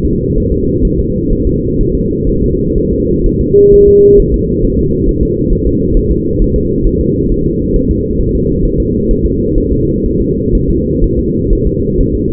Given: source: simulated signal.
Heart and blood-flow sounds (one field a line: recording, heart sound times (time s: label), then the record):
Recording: fetal heart sounds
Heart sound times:
0.05 s: S2
0.38 s: S1
0.52 s: S2
0.85 s: S1
0.99 s: S2
1.33 s: S1
1.47 s: S2
1.81 s: S1
1.95 s: S2
2.29 s: S1
2.44 s: S2
2.78 s: S1
2.93 s: S2
3.26 s: S1
3.41 s: S2
3.74 s: S1
3.88 s: S2
4.20 s: S1
4.34 s: S2
4.65 s: S1
4.79 s: S2
5.09 s: S1
5.23 s: S2
5.53 s: S1
5.67 s: S2
5.97 s: S1
6.11 s: S2
6.42 s: S1
6.56 s: S2
6.87 s: S1
7.01 s: S2
7.32 s: S1
7.46 s: S2
7.76 s: S1
7.91 s: S2
8.21 s: S1
8.35 s: S2
8.66 s: S1
8.80 s: S2
9.11 s: S1
9.25 s: S2
9.58 s: S1
9.72 s: S2
10.06 s: S1
10.21 s: S2
10.55 s: S1
10.70 s: S2
11.04 s: S1
11.19 s: S2
11.53 s: S1
11.67 s: S2
12.01 s: S1
12.15 s: S2
From the record:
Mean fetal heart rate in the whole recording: 130 bpm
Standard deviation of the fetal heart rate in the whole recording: 4 bpm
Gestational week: 38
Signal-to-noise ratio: -10.2 dB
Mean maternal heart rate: 72 bpm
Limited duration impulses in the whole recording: present